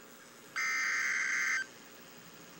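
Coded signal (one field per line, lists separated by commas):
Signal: Emergency Alert System (SAME) tones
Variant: header bursts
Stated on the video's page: Real severe thunderstorm warning alert.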